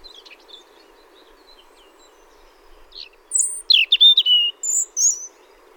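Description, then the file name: European robin singing a short, high, tinkling phrase of sharp notes and liquid warbles after a few seconds of near quiet with soft hiss. "rougegorge"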